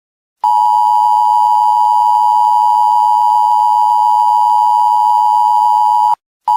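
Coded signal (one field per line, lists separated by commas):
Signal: Emergency Alert System (SAME) tones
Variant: 853 and 960 Hz attention tone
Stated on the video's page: Fictional EAS scenario, not a real alert.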